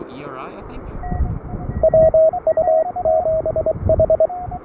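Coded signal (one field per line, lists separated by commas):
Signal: Morse code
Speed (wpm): 22 wpm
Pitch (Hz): 660 Hz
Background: speech, radio noise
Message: WU7H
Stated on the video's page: SOTA summit activation on an overnight desert hiking trip.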